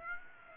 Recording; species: mosquito wingbeat signal from an infrared sensor; Aedes aegypti